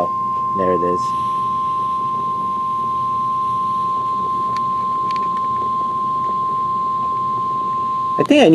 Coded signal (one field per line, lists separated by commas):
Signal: Emergency Alert System (SAME) tones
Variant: 1050 Hz attention tone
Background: speech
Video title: Emergency Alert Scenario | First Tornado